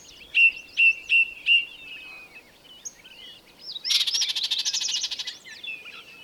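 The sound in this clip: Bird song opening with four clear repeated whistled notes, then scattered twitters and a loud buzzy trill with warbling over it.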